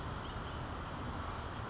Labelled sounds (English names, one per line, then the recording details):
California Towhee
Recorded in Sonoma County, California